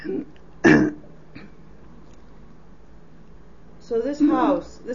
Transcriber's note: she clears her throat